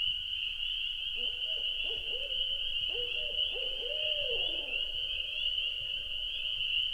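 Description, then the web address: Owl hooting, a rhythmic run of mid-pitched hoots ending in a drawn-out, falling wail, over a constant high-pitched drone. Recorded at night at a lake in Wisconsin in 2019. "Wisconsin 2019 Owl Night Lake III"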